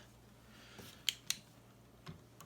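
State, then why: Torque reached. A power drill drives a screw into a utility table frame until its clutch slips, giving two sharp clicks at 1.1 s and 1.3 s. Two softer knocks follow near 2.1 s and 2.4 s. The screw is set at the clutch torque setting without over-tightening.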